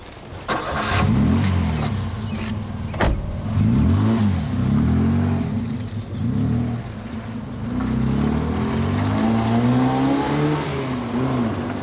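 A car pulls off and drives away, its engine revving up through several gears in repeated rising whines. The motor stays loud and steady throughout, with no voices.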